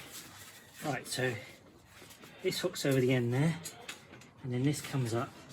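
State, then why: Not seated. Someone talks while handling a Laguna Hills L folding camp bed, hooking its end section over the frame and then starting to raise the end bar toward its frame lock. Nothing has seated or clicked yet.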